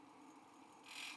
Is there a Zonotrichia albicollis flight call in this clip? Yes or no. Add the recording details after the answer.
no. No flight call is heard. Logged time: 03:41 on 5 December 2014